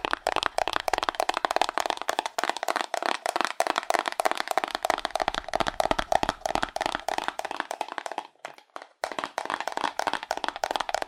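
Fast, aggressive tapping on cardboard, a dense run of sharp hollow knocks that barely pauses except for a brief gap near eight seconds.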